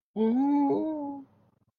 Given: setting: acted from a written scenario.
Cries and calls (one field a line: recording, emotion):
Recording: vocal sound without words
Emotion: sympathy